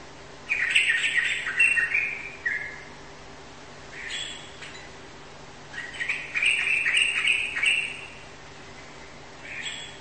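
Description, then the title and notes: Bird song: repeated bursts of fast, twittering chatter with shorter phrases between them, over a low steady hum. "Kicau Burung Lengkap"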